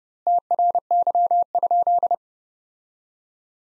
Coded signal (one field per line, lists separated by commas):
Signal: Morse code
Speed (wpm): 32 wpm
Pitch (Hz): 700 Hz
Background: none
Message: TRY?